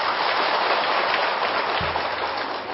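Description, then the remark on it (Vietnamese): Heavy rain pours down on a Buddhist lecture hall in a steady, dense hiss that stays loud and even throughout, with a faint low rumble briefly surfacing underneath and no voices. “Bị mưa dồn dập an lạc không?”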